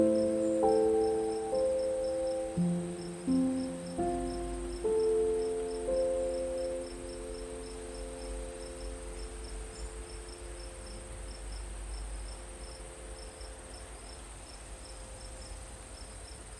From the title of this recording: Night Nature Sounds_ Soft Crickets, Beautiful Piano